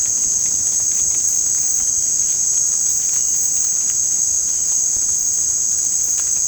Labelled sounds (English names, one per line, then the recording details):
none
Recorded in secondary vegetation near Puerto Asís, Putumayo, Colombia, on 22 December 2024 at 18:30
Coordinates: 0.481, -76.318
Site G042